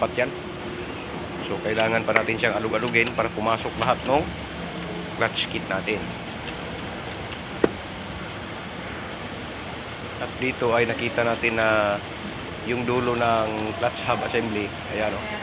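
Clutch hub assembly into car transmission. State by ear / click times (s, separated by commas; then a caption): seated / 7.6 s. Someone talks while a clutch kit's clutch hub assembly is tapped and worked down into the case of a Wigo car transmission whose internals are being moved into an Avanza. A single sharp click is heard at 7.6 s. The hub assembly seats fully, sitting flush at the bottom with no play.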